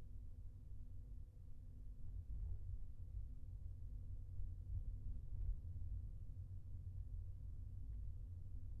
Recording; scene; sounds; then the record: everyday scene through a hearing-aid microphone; in a vehicle; engine, highway traffic jam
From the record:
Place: Skoda Fabia, gasoline engine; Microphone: behind the ear, left, front